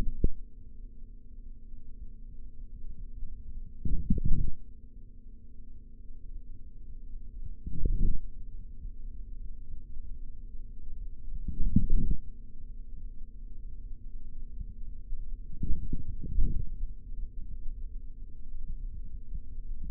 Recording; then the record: forearm muscle sounds (acoustic myography)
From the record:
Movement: forearm supination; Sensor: system 3, bracelet of six PUI Audio POM-2738L microphones around the upper forearm, with dedicated amplification and filtering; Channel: 3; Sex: male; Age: 26 years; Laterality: right